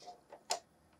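The right muffler cover of a die-cast/plastic Corvette Stingray model is pushed into place on the rear body. Faint ticks at about 0.1 and 0.3 s come before one sharp, bright click at 0.5 s. The cover clicks in and is seated.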